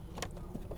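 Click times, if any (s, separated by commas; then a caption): none. A plastic steering column cover on a 1996–2000 Honda Civic is lined up and handled over the lower column cover, with brief faint plastic ticks near 0.2 s and 0.7 s over a steady low hum. Nothing has seated or clicked into place yet.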